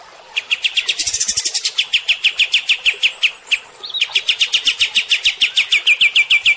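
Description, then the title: Rapid Cream-vented bulbul song of evenly repeated chirps, some with a higher buzzy edge, pausing briefly midway before the steady series continues. Kept bird after one month of care, recorded as a tutor track; described as singing sweetly and continuously (gacor mbeset). "Masteran Kapas Tembak Merdu. KAPAS Tembak Gacor Mbeset Rawatan Satu Bulan"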